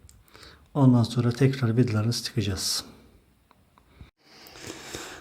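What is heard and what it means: A plastic cover on a clothes dryer housing is closed after the part and its screws are reinstalled, and its notches seat into place with a sharp click at 0.1 s. A few faint taps follow, then someone talks. The cover is seated.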